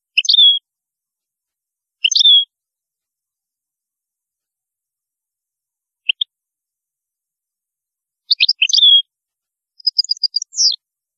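European goldfinch giving a few short, high, liquid phrases separated by pauses, ending in a brief twittering run.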